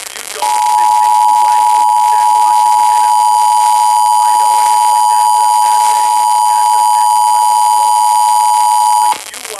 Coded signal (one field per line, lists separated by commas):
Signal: Emergency Alert System (SAME) tones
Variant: 853 and 960 Hz attention tone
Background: speech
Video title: First Monthly Test of 2024 - Florida Required Monthly Test for January 2024 (1/19/24) (New EAS 336)